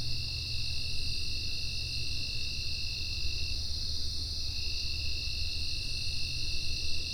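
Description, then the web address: Insects buzzing steadily at a high pitch with a lower tone nearly throughout and faint pulsing higher notes, all over a low hum. "Soundfx IV General Insects"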